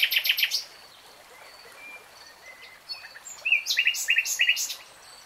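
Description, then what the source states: Nightingale song: a fast stuttering burst, soft whistled notes, then a series of repeated slurred notes in quick succession. Singing in real time.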